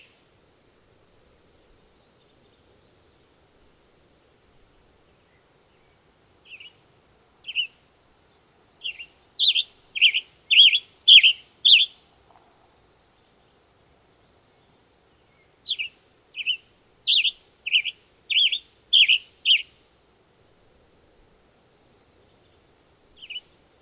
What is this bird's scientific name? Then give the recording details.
Piranga ludoviciana. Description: Western Tanager song recorded on the Bridal Veil Falls Trail in Rocky Mountain National Park. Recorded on 22 June 2015